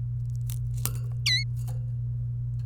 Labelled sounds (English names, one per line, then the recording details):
Domestic Canary song
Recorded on 27 April 2018 at 16:08
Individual llb3